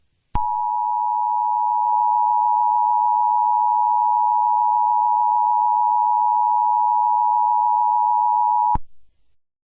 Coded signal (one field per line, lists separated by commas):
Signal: Emergency Alert System (SAME) tones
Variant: 853 and 960 Hz attention tone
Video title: EAS Scenario #5: Frostbite